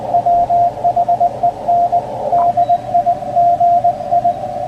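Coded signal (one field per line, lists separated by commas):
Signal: Morse code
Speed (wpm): 20 wpm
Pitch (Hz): 700 Hz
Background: none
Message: WHEN DIGI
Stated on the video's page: CW on an Icom IC-7610, low bands with little noise.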